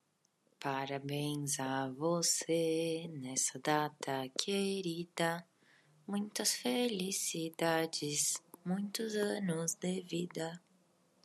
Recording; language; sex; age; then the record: short text; Brazilian Portuguese; female; 20 to 29 years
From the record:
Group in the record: control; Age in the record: 20 years